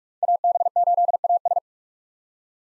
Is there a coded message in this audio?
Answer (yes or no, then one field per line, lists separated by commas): yes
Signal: Morse code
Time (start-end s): 0.2-1.6 s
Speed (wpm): 47 wpm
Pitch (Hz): 700 Hz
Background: none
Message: AB8AS